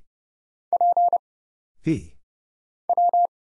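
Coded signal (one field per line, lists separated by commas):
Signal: Morse code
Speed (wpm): 30 wpm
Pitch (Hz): 700 Hz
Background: none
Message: P W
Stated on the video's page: Morse practice drill at 30wpm: single letters, numbers, punctuation and prosigns for instant character recognition, each sent, spoken, then sent again.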